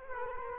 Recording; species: mosquito wingbeat signal from an infrared sensor; Culex quinquefasciatus